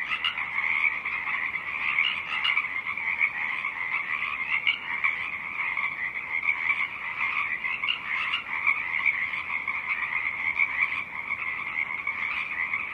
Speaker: song of the Pacific chorus frogs rises and falls above a stiff breeze.